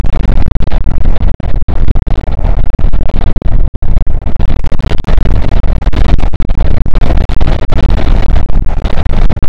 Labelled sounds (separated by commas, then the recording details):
wind
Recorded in the Arctic National Wildlife Refuge, Alaska, on 5 June 2019 at 00:00
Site 48